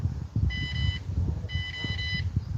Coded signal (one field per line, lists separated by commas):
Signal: none